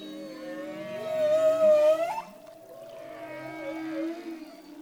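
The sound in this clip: Humpback whale song: a long wavering moan near mid pitch, swelling loud then easing into lower drawn-out groaning tones with rich overtones.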